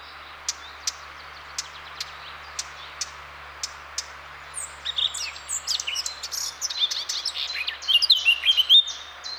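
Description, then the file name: Eurasian blackcap giving sharp, dry tacking clicks roughly every half second, then breaking into a busy scratchy warble with a few whistled notes. "Sylvia atricapilla"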